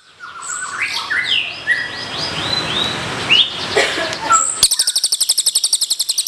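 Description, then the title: Bird song of varied whistled and chirping phrases, followed by a fast, even series of very high buzzy pulses. "SUARA BURUNG"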